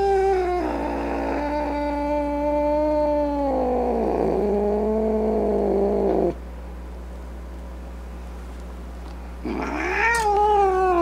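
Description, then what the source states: Cat yowling angrily in long, drawn-out wails that waver and dip, a pause of silence, then a rising yowl starts again near the end. Angry cat.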